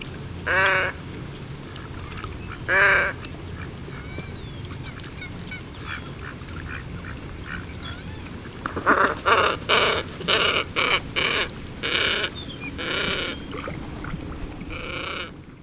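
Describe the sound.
Glossy ibis giving harsh, nasal bleating calls: two single calls early, then a longer series of grating calls.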